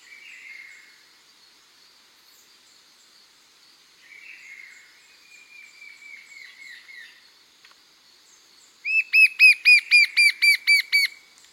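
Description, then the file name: Fringe-backed fire-eye song near the end, a quick string of about nine ringing arched whistles, after fainter, quieter notes earlier. Song recorded in Bahia, Brazil. "canto do papa taoca da bahia"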